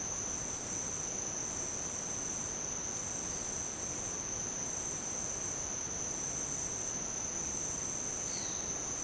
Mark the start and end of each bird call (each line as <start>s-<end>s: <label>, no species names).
8.20s-8.67s: bird call